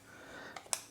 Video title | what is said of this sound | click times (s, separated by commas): Tutorial: Install Home Assistant on a Raspberry Pi 5 in an Argon ONE V3 M.2 Case | all the way in until it clicks and that is ready to use in your computer | 0.7 s